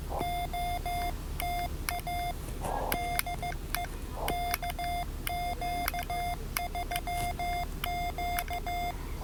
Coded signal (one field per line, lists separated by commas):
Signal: Morse code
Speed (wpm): 15 wpm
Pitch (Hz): 700 Hz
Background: none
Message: OTA DE KQ3Q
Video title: Morse Code (CW) Copying Practice - POTA at Biscayne National Park with YL #KQ3Q